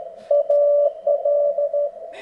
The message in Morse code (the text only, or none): AL